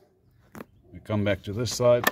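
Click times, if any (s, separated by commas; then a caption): 0.5 s. A plastic cover is clicked into place on the first side of a Centurion D5 Evo Smart sliding gate motor housing during installation, giving a short sharp click at about 0.6 seconds. Someone then talks, and the cover is seated on that side.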